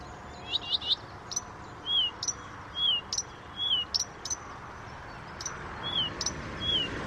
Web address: chant didier collin rousserolle des buissons